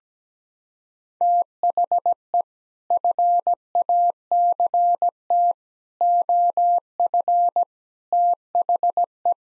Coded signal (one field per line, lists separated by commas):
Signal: Morse code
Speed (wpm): 17 wpm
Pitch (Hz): 700 Hz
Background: none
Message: THE FACT OF THE